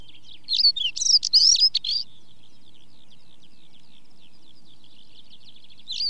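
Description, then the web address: Stonechat song, a short scratchy, twittering phrase of rapid high notes, with faint continuous lark-like warbling behind and another brief phrase at the end. British birds recording; skylarks singing in the background. "Sound Effects Library (British Birds) Stonechat song with chaffinch and skylarks in background"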